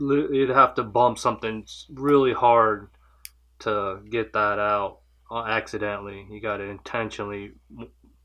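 A removable accessory, likely the tweezers, is being handled at its slot in the handle of a Leatherman Style CS multi-tool while someone talks throughout. Nothing has seated or clicked yet, so the part is not home by the end of the clip.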